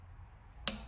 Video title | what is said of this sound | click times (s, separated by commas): How to install upper and lower intakle manifold and gaskets on Ford Ranger. | little click | 0.7 s